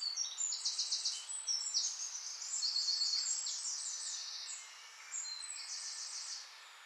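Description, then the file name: Eurasian wren song, a rapid run of very high, sharp trills and chattering phrases pouring out almost without pause, briefly slowing near the end, then resuming. "Troglodytes troglodytes"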